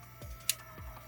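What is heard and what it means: The threaded front assembly of a MINIGUN airbrush by NO-NAME is turned counterclockwise back into the metal body. A single sharp, bright click sounds at 0.5 s as the thread ends drop into alignment, with faint low rumbles before and after. The front assembly has seated on its threads, ready to be tightened clockwise.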